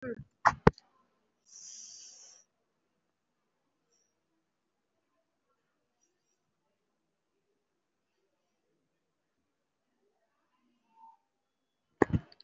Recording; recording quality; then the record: shallow breathing; excellent, no background noise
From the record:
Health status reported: respiratory illness, not identified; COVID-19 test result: not tested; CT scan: not taken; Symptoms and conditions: breathing difficulty, another respiratory illness, hypertension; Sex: female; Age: 61 years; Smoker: no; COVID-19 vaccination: none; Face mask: worn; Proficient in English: no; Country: India